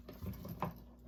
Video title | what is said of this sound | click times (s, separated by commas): Z-Flyte Luggage Scooter Product Review | until it clicks and after when you pull when it clicks | 0.6 s